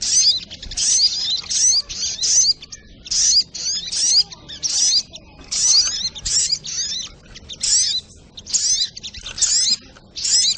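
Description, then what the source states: Spiderhunter song in a long run of brief, shrill twittering bursts, each packed with quick rising and falling notes, repeated steadily with short silences. Training recording (masteran) of a sogok ontong bird, song style called labaik.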